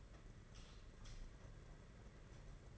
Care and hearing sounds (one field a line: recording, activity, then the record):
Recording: daily activity, microphone in the room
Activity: light on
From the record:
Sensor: 4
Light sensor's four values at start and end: 4/8/3/3 and 4/9/3/4